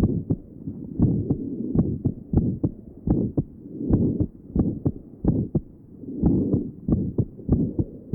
Congenital aortic stenosis. Note the harsh ejection systolic murmur at the aortic area. There is also an aortic ejection sound.